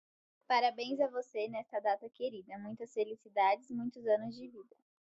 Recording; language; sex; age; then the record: short text; Brazilian Portuguese; female; 18 to 19 years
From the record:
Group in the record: control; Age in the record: 18 years